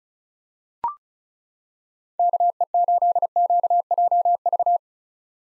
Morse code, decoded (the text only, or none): KE8QJV